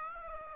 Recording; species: mosquito wingbeat signal from an infrared sensor; Aedes aegypti